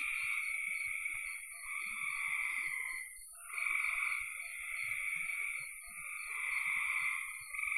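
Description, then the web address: Frogs giving long trilled calls, each lasting one to three seconds with short pauses between, over a constant thin, high-pitched whine. "cn frogs"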